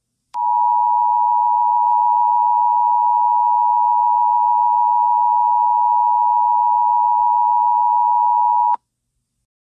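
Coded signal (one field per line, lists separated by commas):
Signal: Emergency Alert System (SAME) tones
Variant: 853 and 960 Hz attention tone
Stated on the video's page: Mock (simulated) tribute alert, a remake made for entertainment; the real EAS was not used.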